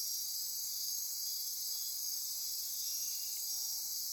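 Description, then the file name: Insects in chorus, an unbroken high-pitched buzzing trill that stays steady for the whole short stretch. Insect chorus recorded at midnight near Corcovado. "Wind-is-the-Original-Radio-Fridays 20240628 Andy-Martin Midnight-Insect-Chorus-Near-Corcovado"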